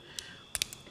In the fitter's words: okay flick action locks into place nicely it's nice and smooth